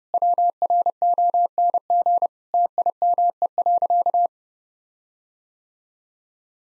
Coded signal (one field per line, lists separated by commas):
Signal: Morse code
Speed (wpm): 30 wpm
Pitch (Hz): 700 Hz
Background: none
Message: WRONG TIME.